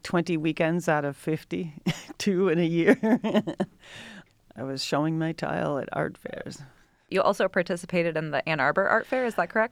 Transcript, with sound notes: weekends out of 52 in a year. [LAUGHTER] I was showing my tile at art fairs.
You also participated in the Ann Arbor Art Fair, is that correct?